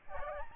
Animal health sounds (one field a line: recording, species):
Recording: mosquito wingbeat signal from an infrared sensor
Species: Aedes albopictus